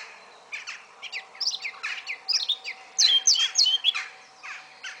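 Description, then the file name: Eurasian blackcap giving a loose, scratchy warble that turns into several bright, clear whistled notes midway before trailing off into softer chatter. "Sylvia atricapilla"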